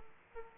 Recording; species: mosquito wingbeat signal from an infrared sensor; Aedes aegypti